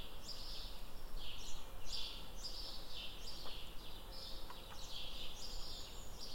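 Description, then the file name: Bird song: high, buzzy notes sweeping downward, repeated in quick succession over a steady low rumble, with a few faint lower chirps. "Nuture environment birds"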